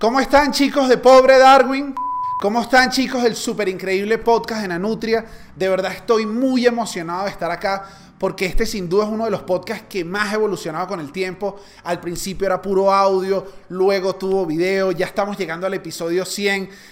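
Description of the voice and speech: An adult man speaks Spanish in a fluent, lively greeting with clear voicing, varied upbeat intonation, an even rate and only short natural pauses. A brief electronic beep sounds near the start. Ordinary, typical speech.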